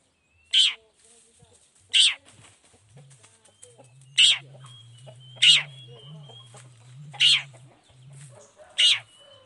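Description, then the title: Long-tailed shrike uttering six single rasping notes at intervals of one to two seconds over a faint low hum. Morning recording of a long-tailed shrike singing 'toet toet' variations, played to provoke other shrikes into responding. "Cendet Gacor Dor Di Kala Pagi Toet Toet Variasi Suara"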